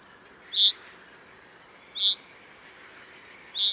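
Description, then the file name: Common chaffinch giving brief bright call notes, three in under four seconds at roughly one-and-a-half-second spacing, with faint hiss and soft sounds between. "Fringilla coelebs"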